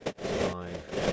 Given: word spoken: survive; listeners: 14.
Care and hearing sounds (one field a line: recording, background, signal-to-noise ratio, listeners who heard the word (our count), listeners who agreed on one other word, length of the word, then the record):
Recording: one English word in noise, from a listening test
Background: noise modulated by three-talker babble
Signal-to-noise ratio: -6.8 dB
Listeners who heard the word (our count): 1 of 14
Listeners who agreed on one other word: 6 of 14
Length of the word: 0.73 s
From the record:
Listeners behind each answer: 6, 2, 2, 1, 1, 1, 1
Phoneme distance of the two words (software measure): 24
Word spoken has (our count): 2 syllables, 5 phonemes, stress on syllable 2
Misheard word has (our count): 1 syllable, 3 phonemes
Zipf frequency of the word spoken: 4.64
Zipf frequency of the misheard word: 5.65